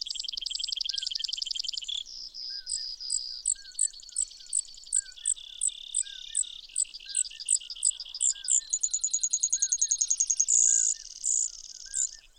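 Brewer's sparrow song: a fast trill, spaced high notes, then a rapid trill and a buzz. A fainter bird adds soft slurred whistles.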